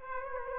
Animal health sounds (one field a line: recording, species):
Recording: mosquito wingbeat signal from an infrared sensor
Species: Aedes aegypti